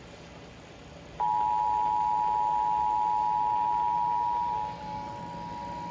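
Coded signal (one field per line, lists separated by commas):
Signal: Emergency Alert System (SAME) tones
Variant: 853 and 960 Hz attention tone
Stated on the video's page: Severe thunderstorm warning from the CHS forecast office, heard on FM station WSVH 91.1, recorded with an iPhone 17.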